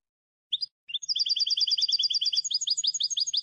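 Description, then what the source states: European goldfinch song: two brief chirps, then a fast rhythmic twittering trill of paired high notes, changing phrase midway; no other sounds. Clean goldfinch song for song training by copying.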